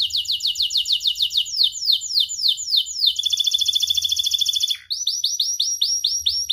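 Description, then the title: Canary singing a long series of fast repeated swept notes, a dense rattling trill, a quick downward slur, then more rising repeated notes. Actively singing canary ('kenari gacor') with its best 'cengkok' ornamented phrasing and richest 'isian' fill-in material, from Indonesian songbird-keeping hobby (kicaumania) circles. "Kenari Gacor Cengkok Terbaik Isian Paling Mewah Kenarigacor Kicaumania Kenari"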